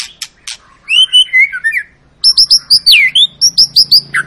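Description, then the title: White-rumped shama song, loud clear whistles: a short fluty phrase, a pause, then a run of repeated high sweet notes. Long, vigorous song of a white-rumped shama, used as a lure to make other birds sing. "Pancingan Murai Batu Gacor Panjang"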